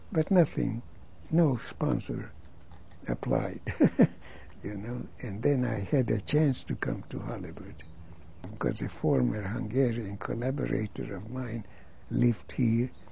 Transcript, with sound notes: But nothing, no sponsor applied. ( he laughs ) You know? And then I had a chance to come to Hollywood, because a former Hungarian collaborator of mine lived here